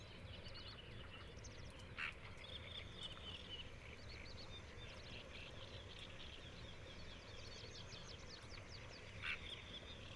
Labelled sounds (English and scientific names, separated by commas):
Eurasian Coot (Fulica atra) call